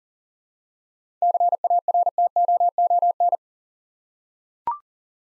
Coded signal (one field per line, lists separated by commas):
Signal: Morse code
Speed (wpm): 38 wpm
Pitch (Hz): 700 Hz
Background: none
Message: CARTOON